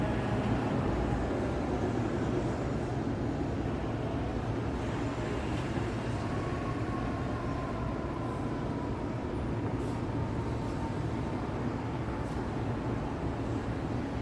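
Steady night traffic in Midtown New York City, a dense low rumble that holds an even level throughout. A faint tone drifts through the middle from about six to eleven seconds, and a few brief high ticks appear near ten and twelve seconds.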